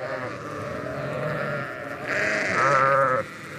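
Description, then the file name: Sheep bleating, a softer bleat first, then a louder quavering bleat that swells and breaks off sharply near the end. "Schafe"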